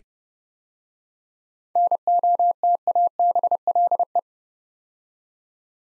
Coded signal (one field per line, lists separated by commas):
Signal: Morse code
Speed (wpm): 28 wpm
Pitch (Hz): 700 Hz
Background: none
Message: NOTABLE